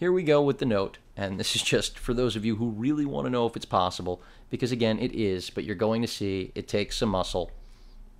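Someone talks while the spring mounting bracket of a Sony Cyber-shot QX100 lens-style camera is handled and forced onto a large Galaxy Note 2 phone with some muscle, its rubber brackets gripping the phone. Nothing has seated or clicked yet.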